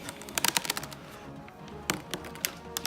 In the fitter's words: hear it click okay